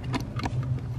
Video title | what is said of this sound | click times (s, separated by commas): HOW TO RETROFIT PADDLE SHIFTERS INTO YOUR BMW F30! | that's seated that's locked in all the way that's not going anywhere then we can take | 0.4 s, 0.5 s